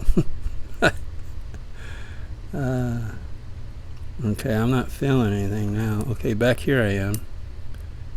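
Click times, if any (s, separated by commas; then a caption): 7.7 s. A dimple padlock is picked with a hybrid pick while someone talks, with scattered small clicks and taps. At 7.7 s a single sharp click is heard as the shackle releases from the lock body and the padlock comes open.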